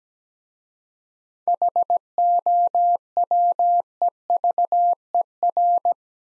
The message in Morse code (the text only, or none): HOWEVER